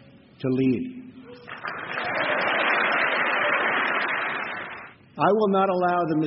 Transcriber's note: applause